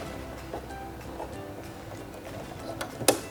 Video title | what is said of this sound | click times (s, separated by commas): Getting Started Heavy Duty 4411: Sewing a Buttonhole | lower the presser foot holder and it will snap into place | 3.1 s